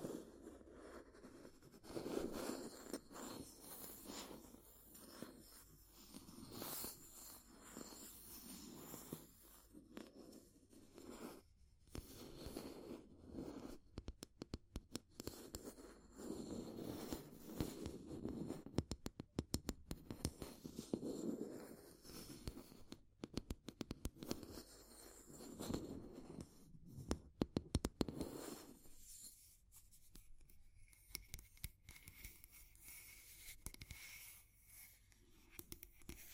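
Fire crackling with sharp, irregular pops and snaps scattered throughout, some in quick clusters around 12–15, 19–20 and 27–28 seconds. A low rough rumble and scratchy rustling run underneath. Near the end the sound thins out and a faint steady tone appears.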